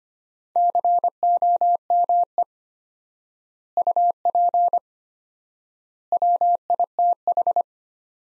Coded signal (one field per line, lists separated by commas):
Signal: Morse code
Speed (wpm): 25 wpm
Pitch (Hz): 700 Hz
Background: none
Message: COME UP WITH